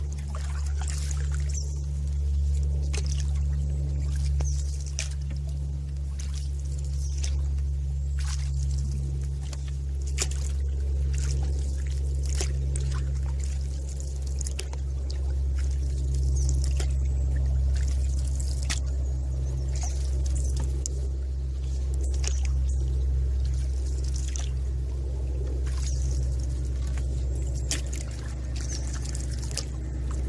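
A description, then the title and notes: A canoe moves along a lazy river, with a steady low rumble underneath throughout. Brief splashes and trickles of water break in irregularly across the whole half minute, some sharp and bright, others softer, while the overall level stays even. Canoe In River. A CANOE IN LAZY RIVER.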